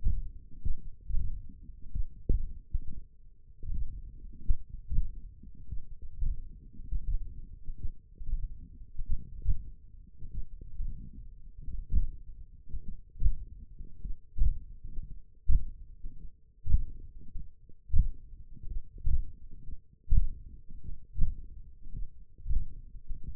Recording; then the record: forearm muscle sounds (acoustic myography)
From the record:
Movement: tripod grip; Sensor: system 1, eight BSWA MPA416 microphones around the upper forearm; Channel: 4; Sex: male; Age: 21 years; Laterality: right